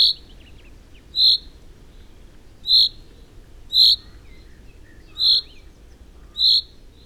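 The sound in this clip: Common chaffinch giving a high, clear call note, repeated several times with pauses between.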